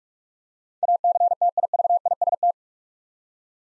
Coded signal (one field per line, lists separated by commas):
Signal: Morse code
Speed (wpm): 44 wpm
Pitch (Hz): 700 Hz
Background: none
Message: ACTIVIST